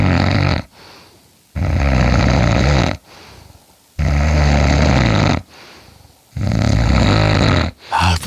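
A hearty snore from an adult man asleep: four long, loud, rumbling snores, each followed by a quieter breath, heard through a microphone held under his chin.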